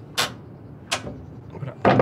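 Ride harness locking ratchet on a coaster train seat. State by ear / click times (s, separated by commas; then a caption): seated / 0.9 s, 1.9 s, 2.0 s. A roller coaster lap-bar harness on a coaster train seat is pushed down, and its locking ratchet pawls engage on the notched locking wheel, expected to give 8 clicks. Sharp ratchet clicks are heard at 0.9 s, 1.9 s and 2.0 s, with an earlier similar burst near 0.2 s. The harness is confirmed properly locked and compliant.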